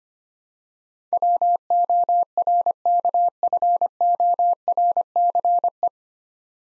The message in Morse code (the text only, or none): WORKFORCE